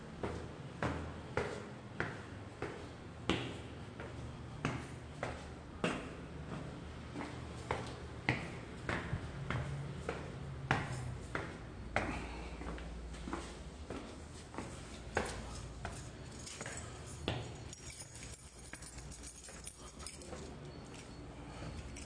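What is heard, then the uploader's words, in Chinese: Footsteps climb a staircase at a steady walking pace, each step a sharp knock roughly every second across the whole stretch. A low hum runs underneath, and the steps thin out and soften somewhat in the last few seconds. 爬樓梯。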